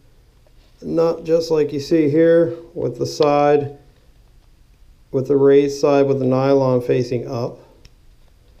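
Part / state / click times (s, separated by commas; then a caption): M5 lock nut into nut block pocket / seated / 7.9 s. Someone talks while an M5 nylon-insert lock nut, nylon side facing up, is pressed into the pocket on the back of a plastic lead-screw nut block. A short, faint click follows at 7.9 s as the nut pops into place and seats in the pocket.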